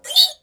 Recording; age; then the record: pig call; piglet (1 to 25 days)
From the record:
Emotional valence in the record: negative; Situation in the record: restrain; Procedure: back test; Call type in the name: high-frequency call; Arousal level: medium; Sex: male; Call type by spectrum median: high-frequency call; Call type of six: high-frequency stable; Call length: 0.43 s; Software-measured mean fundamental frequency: 507 Hz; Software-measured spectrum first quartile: 3668 Hz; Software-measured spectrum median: 4187 Hz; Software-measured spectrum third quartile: 4883 Hz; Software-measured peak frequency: 3790 Hz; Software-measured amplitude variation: 258 dB a second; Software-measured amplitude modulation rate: 5.8 a second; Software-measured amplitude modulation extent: 44.2 dB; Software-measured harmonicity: 6.9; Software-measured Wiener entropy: -3.01